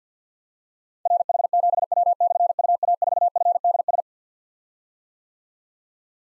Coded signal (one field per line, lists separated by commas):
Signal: Morse code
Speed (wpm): 52 wpm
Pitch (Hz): 700 Hz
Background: none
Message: RH7W/UA4FDS